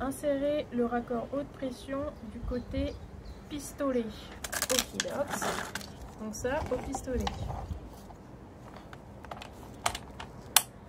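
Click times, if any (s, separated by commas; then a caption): 10.6 s. Someone talks while a high-pressure hose fitting is pushed into a pressure-washer spray gun. A few small knocks follow from about 9.3 to 10.2 s, then a sharp, loud click at 10.6 s as the fitting locks and seats in the spray gun.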